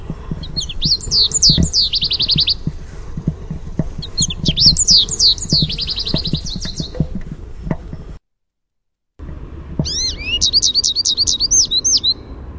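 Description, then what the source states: American goldfinch contact song, three bursts of high, quick, rising-and-falling twittered notes strung into rapid series, with soft clicks and knocks underneath and a brief silent gap. Contact song of the "sweeet" type.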